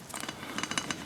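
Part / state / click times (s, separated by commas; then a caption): brake pad abutment clip into caliper bracket / not seated / none. The second steel brake pad abutment clip is handled against the caliper bracket of a 2014 Honda Accord's front brakes, giving soft scraping and several brief, bright metallic ticks between about 0.6 and 0.9 seconds. Nothing has seated or clicked into place yet.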